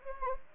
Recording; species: mosquito wingbeat signal from an infrared sensor; Anopheles gambiae